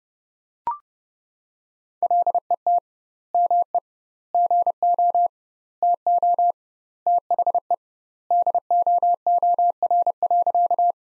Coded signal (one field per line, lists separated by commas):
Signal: Morse code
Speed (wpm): 30 wpm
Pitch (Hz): 700 Hz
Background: none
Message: LET ME GO TO THE DOOR.